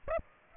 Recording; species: mosquito wingbeat signal from an infrared sensor; Aedes aegypti